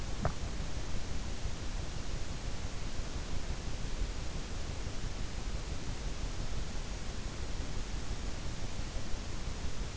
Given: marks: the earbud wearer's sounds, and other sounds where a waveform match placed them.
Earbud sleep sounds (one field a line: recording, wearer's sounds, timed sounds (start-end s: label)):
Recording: sounds in sleep by an in-ear microphone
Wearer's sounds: teeth grinding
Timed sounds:
0.00-0.60 s: teeth grinding